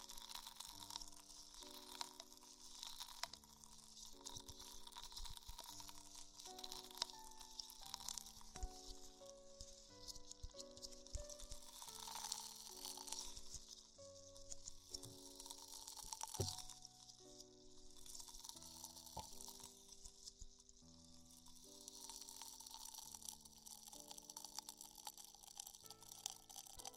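Ear exploration sounds with a dense, bright crackle and rustle that keeps going for the whole clip, swelling and easing in short waves with frequent soft taps. Underneath runs a low, steady tune whose notes change every second or so.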